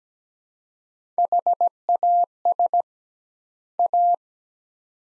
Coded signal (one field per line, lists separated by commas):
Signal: Morse code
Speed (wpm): 17 wpm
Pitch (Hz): 700 Hz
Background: none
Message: HAS A